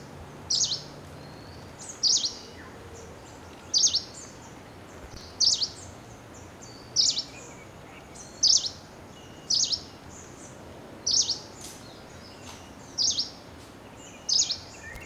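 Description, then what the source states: Green warbler giving a series of about ten high, sharp chip calls, each a quick doubled note, spaced roughly every one and a half seconds against constant hiss. Recorded at Tanamalwila, Sri Lanka, on 14 January 2016.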